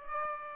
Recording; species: mosquito wingbeat signal from an infrared sensor; Aedes aegypti